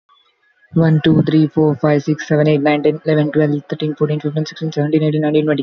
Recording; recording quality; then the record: counting at a fast pace; moderate, slight background noise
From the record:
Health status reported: exposed to COVID-19, no respiratory illness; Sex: male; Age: 24 years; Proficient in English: yes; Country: India